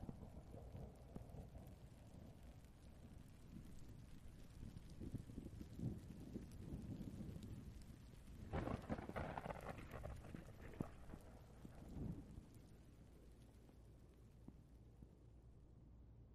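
Rain and thunder: a deep, rolling rumble fills the low end throughout, swelling around five to seven seconds. A sharper crack of thunder hits near eight and a half seconds, with another burst around twelve, over a steady hiss of rain.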